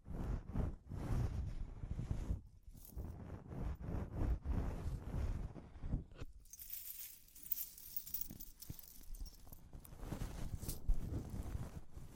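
Irregular tapping and scratching rub against the microphone, with soft low thumps early on and a brighter, hissy rustle from about six seconds.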